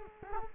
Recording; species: mosquito wingbeat signal from an infrared sensor; Culex quinquefasciatus